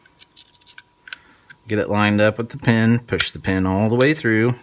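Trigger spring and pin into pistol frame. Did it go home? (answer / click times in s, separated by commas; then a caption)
no / none. A trigger spring for a Boudica flat-faced trigger is placed into an SDVE-series pistol frame and lined up with the pin using hemostats before the pin is pushed through. Small handling ticks sound at about 0.2, 0.4, 0.8, 1.1 and 1.5 seconds, and someone talks from about 1.7 seconds on. Nothing has seated or clicked yet.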